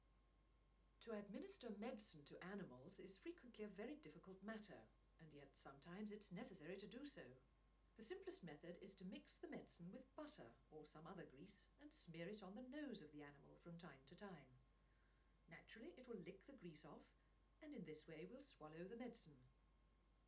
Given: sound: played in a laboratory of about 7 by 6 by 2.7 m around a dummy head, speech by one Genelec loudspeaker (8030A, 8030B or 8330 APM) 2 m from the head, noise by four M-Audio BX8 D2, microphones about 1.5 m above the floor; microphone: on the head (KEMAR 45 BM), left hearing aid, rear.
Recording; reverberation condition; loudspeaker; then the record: female speech in English; low; 30 degrees to the left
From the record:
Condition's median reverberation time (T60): about 310 ms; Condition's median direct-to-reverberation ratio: about 3.5 dB